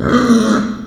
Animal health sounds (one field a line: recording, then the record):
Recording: squeal of a Yucatan mini pig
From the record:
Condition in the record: after surgery on the right vocal fold (resection and tissue-engineered implant)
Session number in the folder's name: 7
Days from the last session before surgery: 47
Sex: female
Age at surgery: 19 weeks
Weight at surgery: 25 kg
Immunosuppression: prednisolone